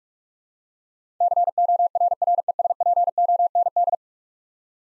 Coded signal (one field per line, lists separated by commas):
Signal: Morse code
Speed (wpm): 46 wpm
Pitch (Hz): 700 Hz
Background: none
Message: CORRESPOND